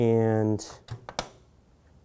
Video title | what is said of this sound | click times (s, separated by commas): $720 Gaming Computer - How-To Guide - RAM & SSD Install w/Windows Clone to SSD | I don't know if you could hear the click on my microphone but that popped up automatically | 1.1 s, 1.2 s